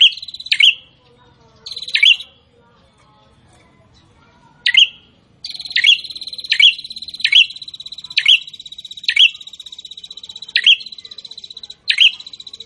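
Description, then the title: Prinia song: sharp, high chirps in short bursts with a steady buzzy rattle between them, pausing briefly, then resuming in a regular run of notes. Gacor (vigorous, constant) singing, meant to make a listener's own prinia more aggressive and more vocal. "Prenjak gacor. bikin prenjak ANDA semakin GANAS dan GACOR"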